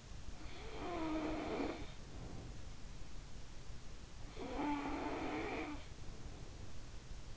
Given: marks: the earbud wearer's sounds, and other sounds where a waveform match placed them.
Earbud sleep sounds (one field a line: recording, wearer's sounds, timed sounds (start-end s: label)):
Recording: sounds in sleep by an in-ear microphone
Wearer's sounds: snoring breath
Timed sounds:
0.00-3.14 s: snoring breath
3.83-6.74 s: snoring breath